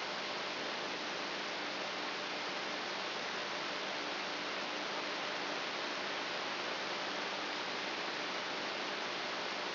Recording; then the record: brain microelectrode recording played as sound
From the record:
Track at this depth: inside the subthalamic nucleus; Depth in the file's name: 5.816 mm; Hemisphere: left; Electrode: 3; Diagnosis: Parkinson's disease